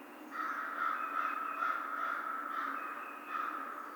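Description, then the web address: American crow calls, a faint run of harsh caws blurring together over about three seconds against a steady background hiss. Recorded 2 March 2010. "Crow 2010 03 02 American Crow"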